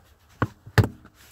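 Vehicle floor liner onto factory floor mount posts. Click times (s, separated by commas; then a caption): 0.4 s, 0.8 s. A driver-side molded plastic WeatherTech FloorLiner in a 2020 Colorado is pressed down onto the factory floor mat mount posts. Two sharp, knock-like snaps sound at 0.4 s and 0.8 s, the second louder, followed by a few fainter ticks. The liner snaps onto the retention mounts and is seated.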